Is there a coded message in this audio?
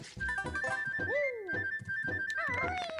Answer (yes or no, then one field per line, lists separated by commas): no